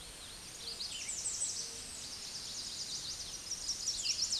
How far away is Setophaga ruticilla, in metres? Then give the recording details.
about 30 m. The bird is about level with the microphone. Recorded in a Pennsylvania forest on 16 May 2024 at 06:30. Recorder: AudioMoth, point MSD-2367. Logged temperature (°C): 16.0 °C. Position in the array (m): 111 m, 236 m